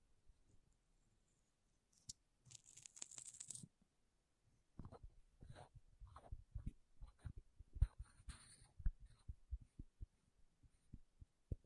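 Tapping and scratching on makeup packaging. A brief burst of bright scratching comes near the start, then after a pause from about five seconds a dense run of irregular soft taps and thuds with short hissy scrapes, some taps sharper and louder.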